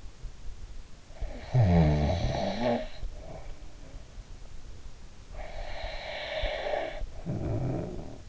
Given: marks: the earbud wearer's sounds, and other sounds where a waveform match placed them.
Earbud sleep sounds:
sounds in sleep by an in-ear microphone; snoring breath
0.99-4.16 s: snoring breath
5.23-8.29 s: snoring breath

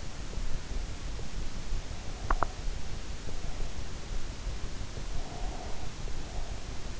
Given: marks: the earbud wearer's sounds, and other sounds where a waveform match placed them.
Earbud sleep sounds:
sounds in sleep by an in-ear microphone; teeth grinding, breath
2.14-2.85 s: teeth grinding
5.16-6.75 s: breath

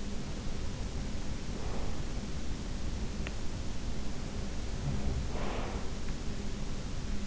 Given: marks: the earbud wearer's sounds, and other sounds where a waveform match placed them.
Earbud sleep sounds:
sounds in sleep by an in-ear microphone; breath
1.51-2.24 s: breath
5.13-6.02 s: breath

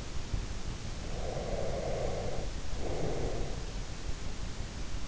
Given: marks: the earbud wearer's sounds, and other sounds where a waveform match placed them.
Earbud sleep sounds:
sounds in sleep by an in-ear microphone; breath
0.89-3.87 s: breath

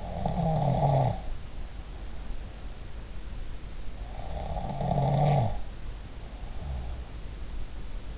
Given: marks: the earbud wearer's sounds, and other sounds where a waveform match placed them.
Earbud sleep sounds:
sounds in sleep by an in-ear microphone; snoring breath
0.00-1.23 s: snoring breath
4.14-7.00 s: snoring breath

